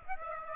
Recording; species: mosquito wingbeat signal from an infrared sensor; Aedes aegypti